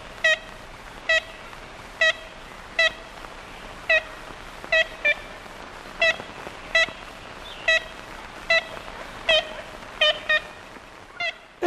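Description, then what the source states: Ivory-billed Woodpecker giving a long series of high nasal tooting notes, roughly one or two each second, some in quick pairs, over steady hiss. Made in 1935; a high sound for a big bird, like a little toy horn tooting, resembling a nuthatch.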